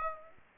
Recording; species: mosquito wingbeat signal from an infrared sensor; Aedes aegypti